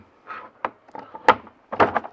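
A Klein MODbox modular tool box is lined up once more and pushed onto a 3D-printed plastic mounting bracket, producing scraping and sharp knocks near 0.6, 1.3, 1.8 and 2.0 seconds. Nothing has seated or clicked into place yet when the clip ends.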